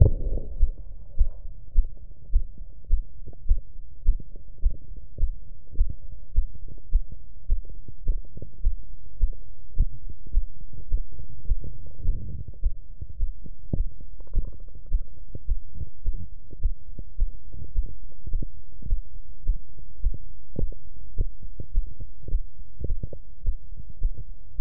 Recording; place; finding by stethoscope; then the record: heart sounds by stethoscope; mitral valve (MV); normal heart sounds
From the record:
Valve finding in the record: mitral regurgitation, grade 1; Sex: female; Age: 62 years